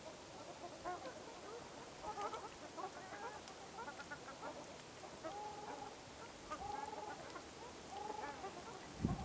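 Ruddy shelducks calling with chattering honks, then longer level nasal notes repeated in the second half, ending with a low thump.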